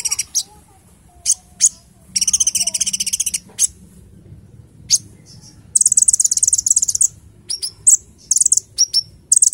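Small bird singing high, shrill chirping trills in fast runs, separated by brief silences, with a soft low rumble underneath.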